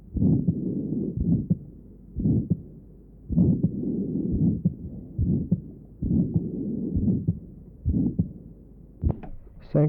Has aortic stenosis with aortic insufficiency. Recording taken at an aortic area and left sternal edge.